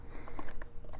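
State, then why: Seated. On a 2015 MT09/FJ09/FZ09 motorcycle engine, undergoing a crank position sensor inspection for a no-start problem, the plastic crankshaft position sensor harness connector is pushed by feel into its mating plug behind the main harness bundle, oriented by the small knob on its top side. Faint rustling and small taps lead up to a sharp click at 0.6 s as the connector latches and seats.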